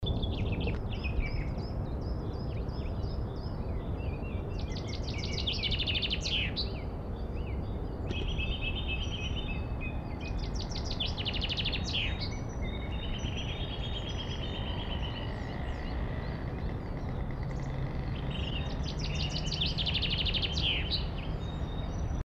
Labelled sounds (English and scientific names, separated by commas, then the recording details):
Common Chaffinch (Fringilla coelebs) song, Coal Tit (Periparus ater), Eurasian Nuthatch (Sitta europaea)
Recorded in the wild
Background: Periparus ater, Sitta europaea
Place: Hafling, Bozen, IT
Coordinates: 46.6569, 11.1383
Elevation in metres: 400
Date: 1981-03-27
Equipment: Uher 4000 Report, Sennheiser MKH 815 T
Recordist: Tretzel, Erwin
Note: Vor der Kirche, oberhalb Marling, Bozen, Italien: Gesang